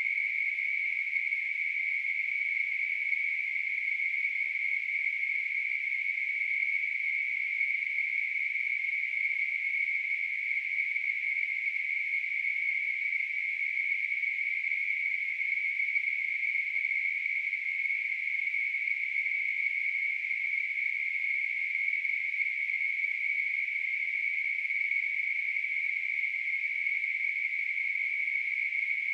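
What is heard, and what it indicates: A steady, unbroken hissing tone in a narrow high band near 2 kHz runs for about 29 seconds without change in pitch or loudness. It is a simulated tinnitus sound, the kind of constant noise heard in the ears.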